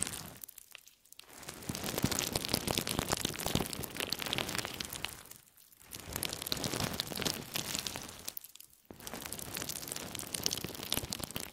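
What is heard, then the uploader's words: Wet jelly squelching and crackling in dense bursts, with brief pauses near one, five and a half, and eight and a half seconds. ASMR Stress Relieving Jelly Sounds For Sleep.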